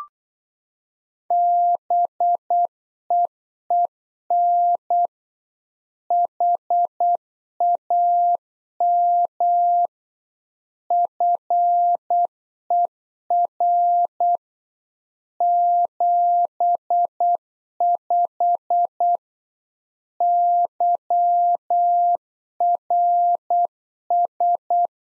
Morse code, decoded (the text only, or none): BEEN HAM FER 75 YRS